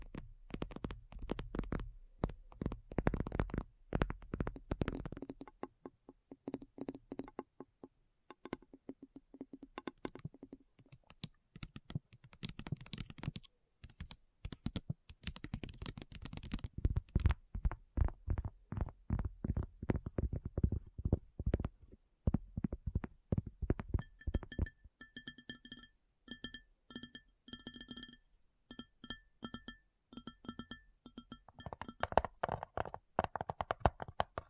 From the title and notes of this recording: ASMR Addictive Tapping. (No Talking).